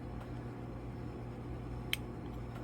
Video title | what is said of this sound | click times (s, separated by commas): Town Car Analog Clock Disassembly 03-11 | oh I think it just clicked bike in for me | 1.9 s